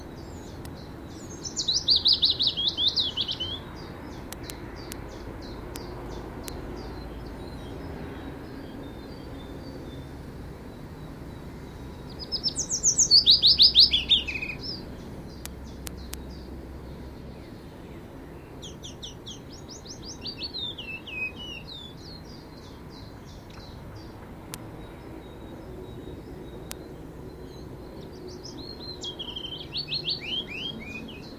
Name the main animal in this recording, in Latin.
Phylloscopus trochilus